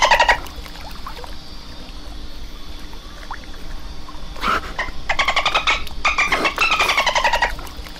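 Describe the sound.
Dolphin pulsed calls: short buzzy bursts near the start, then a dense run of rapid pulsed, creaking bursts with falling tones over the last three seconds, under a steady hiss.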